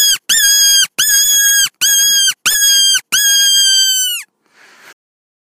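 Fox calling: six loud, harsh, high squealing yelps in quick succession, most about half a second, the last drawn out and dropping, then a soft breathy sound.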